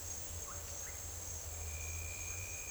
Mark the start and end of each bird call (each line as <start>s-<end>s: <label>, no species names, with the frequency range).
0.46s-0.55s: bird call (0.7-2.0 kHz)
0.83s-0.92s: bird call (1.3-2.5 kHz)